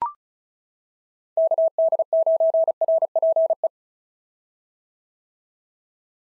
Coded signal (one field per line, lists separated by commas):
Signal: Morse code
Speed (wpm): 34 wpm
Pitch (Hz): 650 Hz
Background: none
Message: KD9RPE